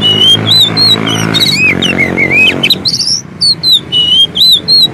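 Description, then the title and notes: Oriental magpie-robin whistling clear, wavering notes over a low mechanical hum, then sharper repeated chirps once the hum fades. Long-duration filler song (isian) for training kacer to sing actively (gacor) day and night. "Kacer Jadi Gacor Siang Malam. Isian Kacer Durasi Panjang"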